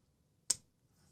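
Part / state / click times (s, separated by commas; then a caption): detent ball on lock bar into blade detent hole of folding knife / seated / 0.5 s. A CJRB Scoria folding knife's blade is closed, and the steel detent ball on the lock bar drops into the detent hole in the blade with a small, sharp click at 0.5 s. The detent seats solidly with no detent lash, and the rest of the clip is near-silent.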